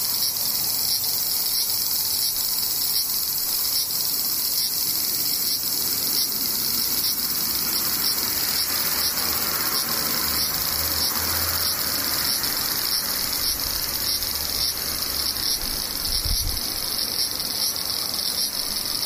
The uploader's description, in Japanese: セミ